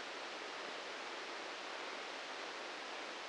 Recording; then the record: brain microelectrode recording played as sound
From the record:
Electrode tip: outside the subthalamic nucleus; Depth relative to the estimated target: -6 mm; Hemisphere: right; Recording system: NeuroSet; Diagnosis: Parkinson's disease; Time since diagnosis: 15 years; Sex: male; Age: 65 years